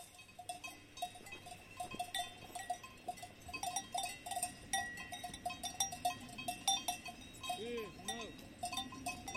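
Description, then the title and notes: Cows feeding with cow bells, irregular metallic clanking and jingling throughout, with soft rustling beneath. Cows feeding with their cow bells on a walk at Valle Pramper in the Dolomites. "The curious cows of Valle Pramper. Cities and Memory"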